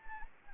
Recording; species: mosquito wingbeat signal from an infrared sensor; Anopheles gambiae